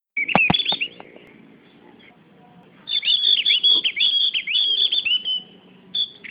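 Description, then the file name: Javan grey-throated white-eye song: high, sweet chirping notes in quick bursts, a short phrase then a longer run of rapid twittering after a pause. "opiorjawa"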